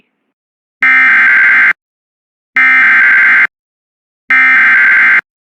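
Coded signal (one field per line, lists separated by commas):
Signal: Emergency Alert System (SAME) tones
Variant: header bursts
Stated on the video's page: Severe thunderstorm warnings and a required weekly test received on an internet stream of a broadcast station.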